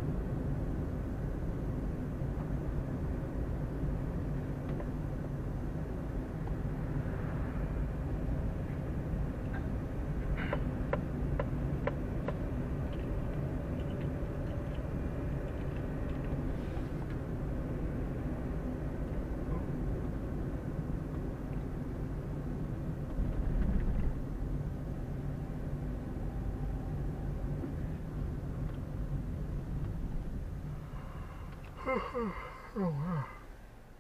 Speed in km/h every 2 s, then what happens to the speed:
30, 29, 28, 26, 27, 28, 29, 31, 31, 31, 29, 26, 24, 23, 20, 10, 0.
0-18 steady at about 29. 18-32 slows to 0.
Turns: none.